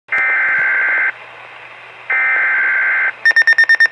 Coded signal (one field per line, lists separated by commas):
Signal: Emergency Alert System (SAME) tones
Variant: header bursts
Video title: Weatheradio Canada - Severe Thunderstorm Warning (EAS #90) 13/08/2013